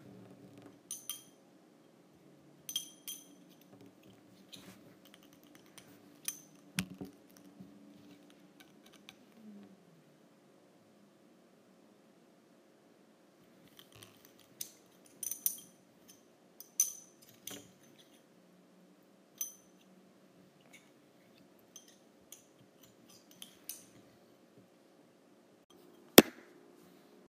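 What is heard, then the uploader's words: Metal straws tap and clink in scattered bursts, with short bright ticks every second or two and a few quiet gaps between. A low, steady hum sits underneath throughout, and one sharp, louder clack lands near the end. ASMR Using Metal Straws.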